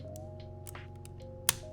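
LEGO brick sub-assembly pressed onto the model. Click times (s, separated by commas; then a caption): 1.5 s. A LEGO sub-assembly of plastic bricks is pressed onto an alternate build of LEGO Star Wars set 75375, Luthen's Fondor Haulcraft, amid fears it might shatter, while steady music tones play throughout. One loud, sharp click sounds at 1.5 s, with only faint ticks before it. No second click follows: both parts seated with that single click.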